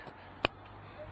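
A Feiyu Pocket 3 pocket gimbal camera slides into its battery mount and seats with one sharp, fast-decaying click at 0.4 seconds. The click rises well above a quiet, steady low hum that runs through the rest of the clip.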